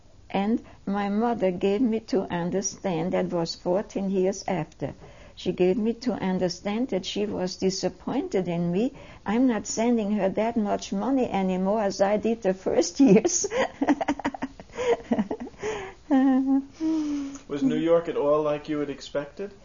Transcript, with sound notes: And my mother gave me to understand, that was fourteen years after, she gave me to understand that she was disappointed in me, I'm not sending her that much money anymore as I did the first years (she laughs)
Was New York at all like you expected?